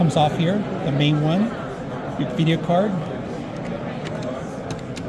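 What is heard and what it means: A push-button release plate near the main video card slot of an MSI MEG X870E Unify X Max motherboard is handled while someone talks over a busy background. The plate is being pressed back toward its spot, but nothing has seated or clicked yet.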